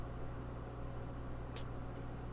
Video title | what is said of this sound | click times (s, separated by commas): Episode 17: Popeye's, Christmas, and Ankle Bracelets | Oh, I heard a click. | 1.6 s